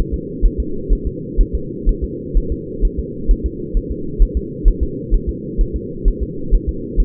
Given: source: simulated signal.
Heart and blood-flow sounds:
fetal heart sounds
0.14 s: S2
0.46 s: S1
0.60 s: S2
0.93 s: S1
1.07 s: S2
1.41 s: S1
1.55 s: S2
1.89 s: S1
2.04 s: S2
2.37 s: S1
2.52 s: S2
2.85 s: S1
2.99 s: S2
3.31 s: S1
3.46 s: S2
3.77 s: S1
3.91 s: S2
4.22 s: S1
4.37 s: S2
4.68 s: S1
4.83 s: S2
5.14 s: S1
5.29 s: S2
5.61 s: S1
5.76 s: S2
6.08 s: S1
6.23 s: S2
6.55 s: S1
6.69 s: S2
7.00 s: S1
From the record:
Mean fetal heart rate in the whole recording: 130 bpm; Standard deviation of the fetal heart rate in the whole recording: 4 bpm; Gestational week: 38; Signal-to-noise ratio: -4.3 dB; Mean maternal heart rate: 72 bpm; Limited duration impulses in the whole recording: present

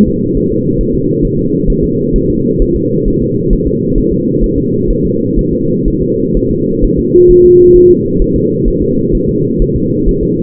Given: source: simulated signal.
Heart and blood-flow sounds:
fetal heart sounds
0.08 s: S2
0.37 s: S1
0.52 s: S2
0.81 s: S1
0.95 s: S2
1.25 s: S1
1.39 s: S2
1.70 s: S1
1.84 s: S2
2.16 s: S1
2.30 s: S2
2.62 s: S1
2.76 s: S2
3.08 s: S1
3.22 s: S2
3.53 s: S1
3.67 s: S2
3.98 s: S1
4.12 s: S2
4.44 s: S1
4.58 s: S2
4.90 s: S1
5.05 s: S2
5.39 s: S1
5.53 s: S2
5.88 s: S1
6.02 s: S2
6.37 s: S1
6.51 s: S2
6.84 s: S1
6.99 s: S2
7.31 s: S1
7.45 s: S2
7.76 s: S1
7.91 s: S2
8.22 s: S1
8.36 s: S2
8.68 s: S1
8.82 s: S2
9.15 s: S1
9.29 s: S2
9.62 s: S1
9.76 s: S2
10.08 s: S1
10.23 s: S2
From the record:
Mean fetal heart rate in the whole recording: 130 bpm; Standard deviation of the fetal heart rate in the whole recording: 4 bpm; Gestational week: 38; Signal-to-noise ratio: -11.2 dB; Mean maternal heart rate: 72 bpm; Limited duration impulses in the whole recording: present

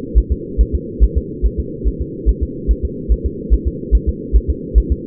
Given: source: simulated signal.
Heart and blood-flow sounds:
fetal heart sounds
0.18 s: S1
0.32 s: S2
0.61 s: S1
0.75 s: S2
1.04 s: S1
1.17 s: S2
1.46 s: S1
1.60 s: S2
1.88 s: S1
2.01 s: S2
2.29 s: S1
2.43 s: S2
2.71 s: S1
2.85 s: S2
3.12 s: S1
3.26 s: S2
3.54 s: S1
3.68 s: S2
3.95 s: S1
4.09 s: S2
4.36 s: S1
4.50 s: S2
4.78 s: S1
4.92 s: S2
From the record:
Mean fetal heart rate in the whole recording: 140 bpm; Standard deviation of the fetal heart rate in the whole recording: 2 bpm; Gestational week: 34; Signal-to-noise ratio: -4.1 dB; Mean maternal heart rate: no maternal heart sound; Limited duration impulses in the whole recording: absent

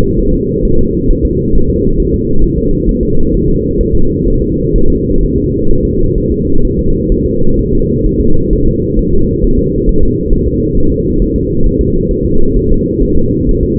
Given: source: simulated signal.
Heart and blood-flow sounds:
fetal heart sounds
0.19 s: S1
0.34 s: S2
0.65 s: S1
0.79 s: S2
1.11 s: S1
1.25 s: S2
1.55 s: S1
1.70 s: S2
2.00 s: S1
2.14 s: S2
2.44 s: S1
2.58 s: S2
2.89 s: S1
3.03 s: S2
3.34 s: S1
3.48 s: S2
3.81 s: S1
3.95 s: S2
4.28 s: S1
4.42 s: S2
4.76 s: S1
4.90 s: S2
5.23 s: S1
5.38 s: S2
5.71 s: S1
5.85 s: S2
6.18 s: S1
6.32 s: S2
6.65 s: S1
6.79 s: S2
7.12 s: S1
7.26 s: S2
7.59 s: S1
7.73 s: S2
8.06 s: S1
8.21 s: S2
8.53 s: S1
8.67 s: S2
8.99 s: S1
9.14 s: S2
9.45 s: S1
9.59 s: S2
9.89 s: S1
10.03 s: S2
10.33 s: S1
10.48 s: S2
10.78 s: S1
10.92 s: S2
11.22 s: S1
11.36 s: S2
11.66 s: S1
11.81 s: S2
12.11 s: S1
12.25 s: S2
12.56 s: S1
12.71 s: S2
13.02 s: S1
13.17 s: S2
13.49 s: S1
13.63 s: S2
From the record:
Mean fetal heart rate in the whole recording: 130 bpm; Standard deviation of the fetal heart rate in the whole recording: 4 bpm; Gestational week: 38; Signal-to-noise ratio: -19.1 dB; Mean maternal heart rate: 72 bpm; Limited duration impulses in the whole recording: present

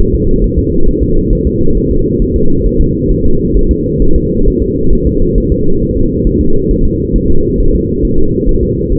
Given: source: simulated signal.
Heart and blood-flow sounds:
fetal heart sounds
0.00 s: S1
0.15 s: S2
0.44 s: S1
0.58 s: S2
0.88 s: S1
1.03 s: S2
1.33 s: S1
1.47 s: S2
1.77 s: S1
1.91 s: S2
2.22 s: S1
2.36 s: S2
2.66 s: S1
2.81 s: S2
3.11 s: S1
3.25 s: S2
3.57 s: S1
3.71 s: S2
4.02 s: S1
4.16 s: S2
4.48 s: S1
4.62 s: S2
4.93 s: S1
5.07 s: S2
5.38 s: S1
5.52 s: S2
5.82 s: S1
5.97 s: S2
6.27 s: S1
6.41 s: S2
6.71 s: S1
6.85 s: S2
7.16 s: S1
7.30 s: S2
7.60 s: S1
7.75 s: S2
8.05 s: S1
8.19 s: S2
8.49 s: S1
8.63 s: S2
8.92 s: S1
From the record:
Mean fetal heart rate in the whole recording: 135 bpm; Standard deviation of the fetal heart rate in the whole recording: 3 bpm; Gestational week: 36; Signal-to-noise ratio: -19.1 dB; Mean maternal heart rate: 72 bpm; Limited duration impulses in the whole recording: present

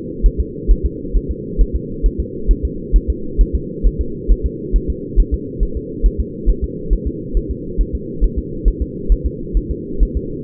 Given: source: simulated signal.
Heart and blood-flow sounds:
fetal heart sounds
0.26 s: S1
0.40 s: S2
0.71 s: S1
0.86 s: S2
1.17 s: S1
1.31 s: S2
1.61 s: S1
1.76 s: S2
2.06 s: S1
2.20 s: S2
2.51 s: S1
2.65 s: S2
2.96 s: S1
3.10 s: S2
3.41 s: S1
3.55 s: S2
3.87 s: S1
4.01 s: S2
4.32 s: S1
4.46 s: S2
4.76 s: S1
4.90 s: S2
5.20 s: S1
5.34 s: S2
5.63 s: S1
5.77 s: S2
6.06 s: S1
6.20 s: S2
6.50 s: S1
6.64 s: S2
6.93 s: S1
7.07 s: S2
7.37 s: S1
7.51 s: S2
7.81 s: S1
7.95 s: S2
8.24 s: S1
8.39 s: S2
8.68 s: S1
8.82 s: S2
9.12 s: S1
9.26 s: S2
9.57 s: S1
9.71 s: S2
10.03 s: S1
10.17 s: S2
From the record:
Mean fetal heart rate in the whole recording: 135 bpm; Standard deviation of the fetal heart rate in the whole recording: 3 bpm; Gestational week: 36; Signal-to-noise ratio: -4.3 dB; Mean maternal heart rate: 72 bpm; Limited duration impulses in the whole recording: absent

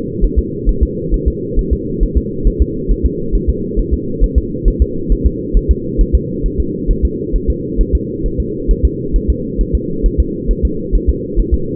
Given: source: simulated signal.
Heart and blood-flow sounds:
fetal heart sounds
0.25 s: S1
0.39 s: S2
0.69 s: S1
0.83 s: S2
1.14 s: S1
1.28 s: S2
1.59 s: S1
1.73 s: S2
2.03 s: S1
2.18 s: S2
2.47 s: S1
2.62 s: S2
2.91 s: S1
3.06 s: S2
3.35 s: S1
3.50 s: S2
3.79 s: S1
3.94 s: S2
4.24 s: S1
4.38 s: S2
4.68 s: S1
4.82 s: S2
5.12 s: S1
5.26 s: S2
5.57 s: S1
5.71 s: S2
6.01 s: S1
6.15 s: S2
6.46 s: S1
6.60 s: S2
6.91 s: S1
7.05 s: S2
7.36 s: S1
7.50 s: S2
7.81 s: S1
7.95 s: S2
8.26 s: S1
8.40 s: S2
8.71 s: S1
8.85 s: S2
9.16 s: S1
9.30 s: S2
9.61 s: S1
9.75 s: S2
10.06 s: S1
10.20 s: S2
10.51 s: S1
10.65 s: S2
10.95 s: S1
11.09 s: S2
11.40 s: S1
11.54 s: S2
From the record:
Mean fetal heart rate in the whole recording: 135 bpm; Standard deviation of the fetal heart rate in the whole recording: 3 bpm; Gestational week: 36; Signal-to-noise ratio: -6.6 dB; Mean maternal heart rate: 72 bpm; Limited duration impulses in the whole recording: present

